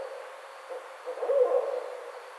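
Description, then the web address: Barred owl giving a low hoot near the middle, over a faint steady background hiss. Recorded on 29 May 2009. "Barred Owl 2009 05 29"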